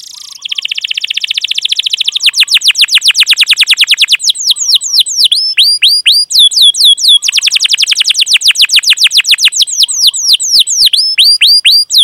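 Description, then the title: Canary song with a buzzy rolling trill giving way to fast repeated sweeping notes, then another trill and looping whistled phrases, sustained throughout. Canary lure song (pancingan), long and lively 'gacor' singing with full 'isian' phrase content. "PANCINGAN Kenari GACOR PANJANG. Pancingan Gacor Full Isian"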